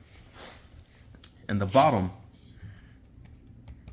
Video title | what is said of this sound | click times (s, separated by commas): Is the K&F 66" Camera Tripod the BEST around? | you're opening the legs these things just click right into place you can hear them clicking | 1.2 s